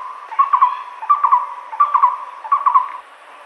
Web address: Moustached Barbet Song